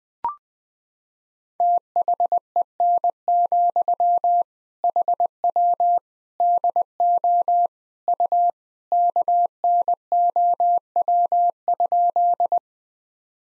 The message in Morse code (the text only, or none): THEN, HW DO U KNOW?